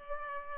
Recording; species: mosquito wingbeat signal from an infrared sensor; Culex pipiens